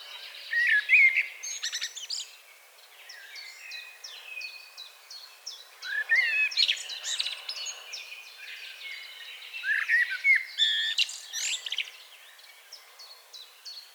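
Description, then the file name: Common blackbird warbling in several fluty phrases mixed with high squeaky notes, while other small birds chirp steadily throughout. "Turdus merula"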